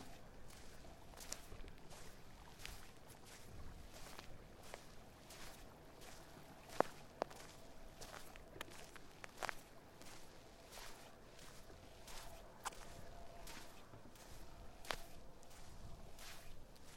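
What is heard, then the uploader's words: Footsteps on a causeway outdoors, regular crunching steps roughly every half second to a second, steady throughout. A low rumble of wind or traffic sits underneath, with a couple of sharper clicks near seven seconds. A stereo recording of walking on a causeway in southwest florida.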